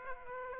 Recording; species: mosquito wingbeat signal from an infrared sensor; Aedes aegypti